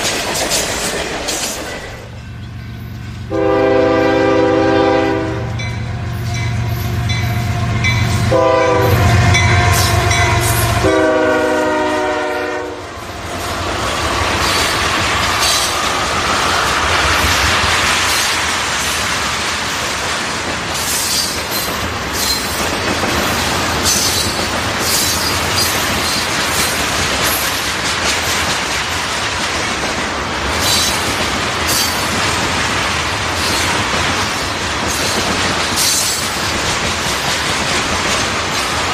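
A train on tracks sounds a pitched horn blast around three to thirteen seconds, then rolls on with a steady, dense rumble and rattle.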